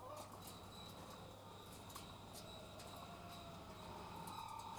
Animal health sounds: poultry house recording; sick chickens (respiratory disease)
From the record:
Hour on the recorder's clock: 13

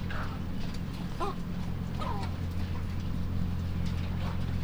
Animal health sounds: poultry house recording; sick chickens (respiratory disease)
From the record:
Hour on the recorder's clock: 1

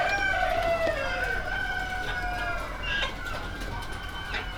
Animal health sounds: poultry house recording; healthy chickens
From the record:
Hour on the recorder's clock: 13

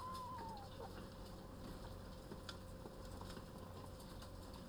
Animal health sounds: poultry house recording; healthy chickens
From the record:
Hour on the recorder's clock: 13

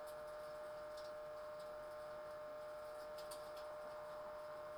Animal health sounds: poultry house recording; no chicken sound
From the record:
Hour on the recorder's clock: 21

